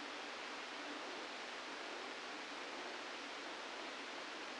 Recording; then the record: brain microelectrode recording played as sound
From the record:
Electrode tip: inside the subthalamic nucleus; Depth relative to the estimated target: 1 mm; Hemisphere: left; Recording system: NeuroSet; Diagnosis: Parkinson's disease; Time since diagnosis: 17 years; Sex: male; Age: 64 years